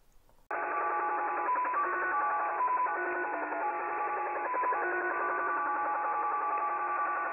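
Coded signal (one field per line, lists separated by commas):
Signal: unidentified radio signal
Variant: Slot Machine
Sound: continuous jangling multi-tone chatter, rapidly shifting tones like a slot machine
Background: radio static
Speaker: this is an unknown signal comes out of of Japan it's called the slot machine no one knows what it's for or why why it's there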